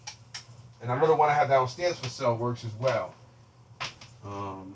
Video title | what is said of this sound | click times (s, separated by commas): decent toy hunt and thrifting day | and you don't have to worry about this thing being like this because it just snaps right in i know this one works and | 0.1 s, 0.3 s